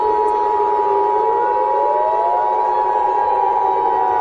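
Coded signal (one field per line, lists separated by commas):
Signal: Emergency Alert System (SAME) tones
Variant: 853 and 960 Hz attention tone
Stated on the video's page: A fictional EAS scenario, not a real alert.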